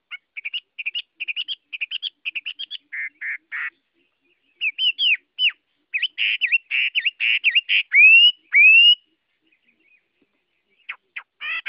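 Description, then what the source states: Chinese hwamei song of rapid repeated notes giving way to varied slurred phrases and loud rising whistles, ending with brief sharp notes. Song in the style called "giọng rừng" (forest voice).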